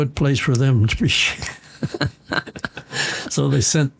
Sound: they both laugh